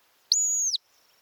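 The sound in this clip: Montagu's harrier producing one clear, high, even whistle of roughly half a second, dropping slightly at the end.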